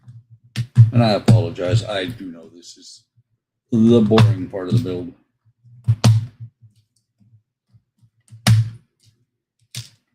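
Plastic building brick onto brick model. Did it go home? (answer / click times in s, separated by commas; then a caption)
yes / 8.5 s. A plastic building brick is pressed onto another brick during the build of a train model, while someone talks. Short taps and knocks are heard, and the brick clicks into place at 8.5 s, seating firmly.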